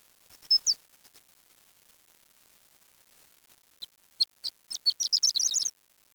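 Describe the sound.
Bird chirping: two brief high whistled notes early, then silence, then a quick burst of sharp high chirps ending in a rapid twittering trill.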